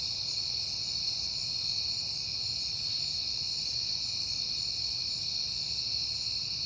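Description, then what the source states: Crickets: high, ringing chorus in several layered pitches, unchanging across the whole stretch, over a faint low drone. Crickets recorded at night in September on a peaceful night.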